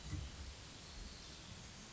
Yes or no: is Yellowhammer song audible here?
no